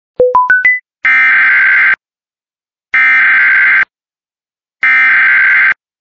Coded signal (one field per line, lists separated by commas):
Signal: Emergency Alert System (SAME) tones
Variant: header bursts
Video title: Kentucky Golden alert EAS #13￼